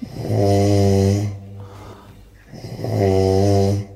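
Two loud, sustained snores from a sleeping husband in Adelaide, each about a second long and about two and a half seconds apart, with quieter breathing between them. Each has a low, steady, buzzing pitch, giving a foghorn-like honk, exactly like a ship's horn, typical of heavy habitual snoring that occurs nearly every night.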